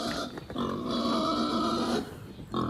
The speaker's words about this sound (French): Copain, qui est un bébé cochon de ferme